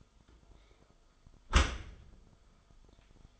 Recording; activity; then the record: daily activity, microphone in the room; close dishwasher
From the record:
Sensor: 5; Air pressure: 1004.8 hPa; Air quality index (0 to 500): 93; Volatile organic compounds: 2 ppm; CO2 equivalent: 1131 ppm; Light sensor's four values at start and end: 32/74/30/30 and 32/73/30/29